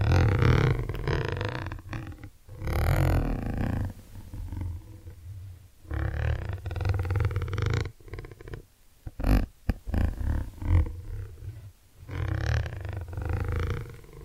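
Ear cleaning trigger sounds: deep, muffled rumbling and rubbing that swells and fades in waves of a second or two. Brief quiet gaps fall near eight and twelve seconds, and a cluster of sharp crackling clicks breaks through around nine to ten seconds.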